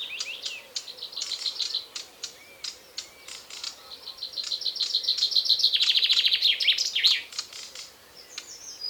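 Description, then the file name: Common chaffinch song: scattered sharp chips, then a run of notes building to a loud rattling trill with a brief flourish at the end. "Fringilla coelebs"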